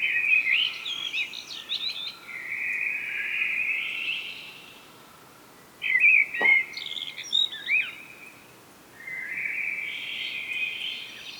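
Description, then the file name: Common blackbird song with several warbling phrases, some broken into sharp, stuttering high notes, pauses between, and a click midway. "Turdus merula"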